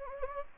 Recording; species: mosquito wingbeat signal from an infrared sensor; Anopheles gambiae